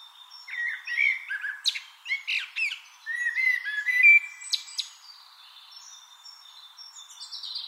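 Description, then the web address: Eurasian blackbird song: low fluted warbles with sharp high twittering flourishes, followed by quieter scattered high chirps toward the end. "SETE data Turdus merula"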